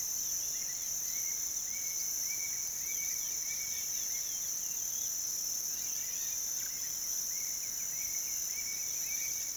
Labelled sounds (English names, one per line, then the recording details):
none
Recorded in pastures near Puerto Asís, Putumayo, Colombia, on 22 June 2025 at 06:30
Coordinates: 0.486, -76.323
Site H29